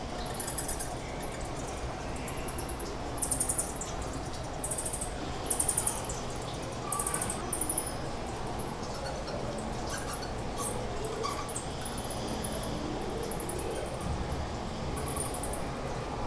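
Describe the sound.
Bat calls: repeated short bursts of shrill, scratchy squeaks throughout, some in quick runs, over a constant low-pitched background drone.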